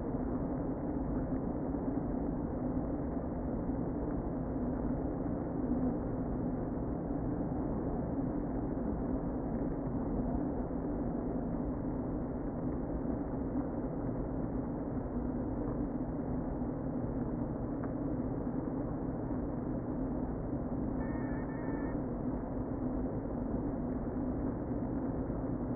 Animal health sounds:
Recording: honeybee colony, microphone inside the hive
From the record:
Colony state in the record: queen present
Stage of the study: before two queens were removed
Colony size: about 60,000 bees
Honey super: yes

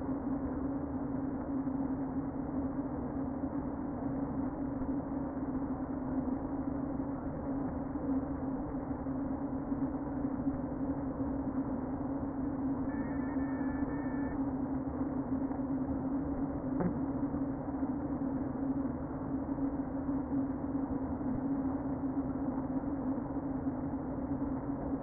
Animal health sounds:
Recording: honeybee colony, microphone inside the hive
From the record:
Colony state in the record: queen present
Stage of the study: before two queens were removed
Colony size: about 60,000 bees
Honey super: yes

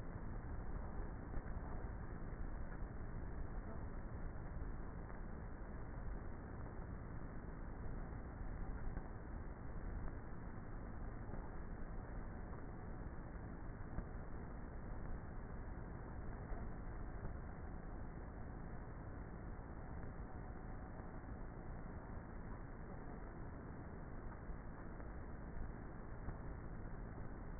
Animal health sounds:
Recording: honeybee colony, microphone inside the hive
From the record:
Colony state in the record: queenless with a low population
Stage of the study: before two queens were removed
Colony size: about 30,000 bees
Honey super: no

